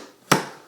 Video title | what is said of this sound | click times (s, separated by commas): Understanding the Festool Domino DF500 | very carefully, and then push it in until it clicks. | 0.3 s